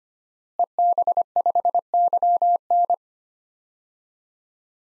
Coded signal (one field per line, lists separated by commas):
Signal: Morse code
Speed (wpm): 25 wpm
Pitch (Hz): 700 Hz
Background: none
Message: EB5YN